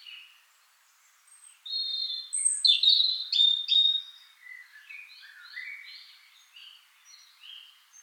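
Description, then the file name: European robin singing loud, high, clear whistled notes and rapid trills, followed by a softer run of varied warbled notes. "Erithacus rubecula"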